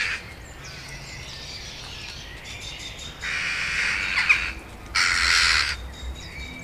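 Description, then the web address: Eurasian jackdaw calls as two harsh, broad bursts of noisy sound, the first around three seconds in and a louder one near five seconds, over a quiet background hiss. "agykontroll Madardalok Cd 2. Csóka"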